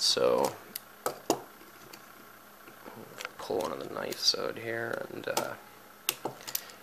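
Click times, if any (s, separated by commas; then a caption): 6.6 s. Someone talks while pulling one of the knife blades out of a compact sliding multi-tool with lockable tools, with small handling clicks along the way. The folding blade snaps into its locked open position in the multi-tool body with a sharp click at 6.6 s.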